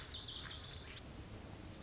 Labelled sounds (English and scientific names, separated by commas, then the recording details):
Lazuli Bunting (Passerina amoena)
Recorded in Sonoma County, California